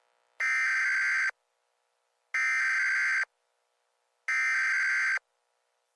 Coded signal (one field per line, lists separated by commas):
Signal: Emergency Alert System (SAME) tones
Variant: header bursts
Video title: EAS Scenario #22 | PAMA Outbreak